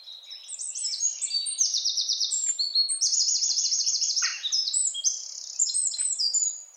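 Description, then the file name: Eurasian wren singing a long, loud, high-pitched song packed with rapid rattling trills and quick warbled notes, hardly pausing for almost seven seconds. "Troglodytes troglodytes"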